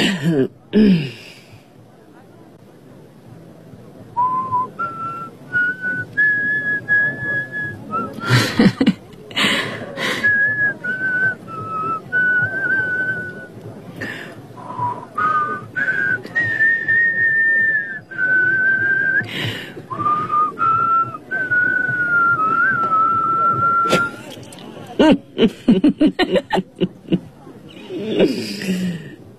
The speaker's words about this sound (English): Hey, do you still whistle? Me? My God, I... No.